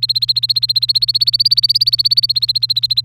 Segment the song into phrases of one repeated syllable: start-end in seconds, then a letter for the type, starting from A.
0.00-3.05 A